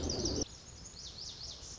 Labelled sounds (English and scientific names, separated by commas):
Lazuli Bunting (Passerina amoena)